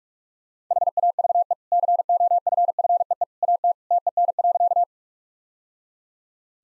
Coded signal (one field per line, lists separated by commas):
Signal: Morse code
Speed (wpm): 46 wpm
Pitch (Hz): 700 Hz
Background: none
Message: HAVE COFFEE AT TEN.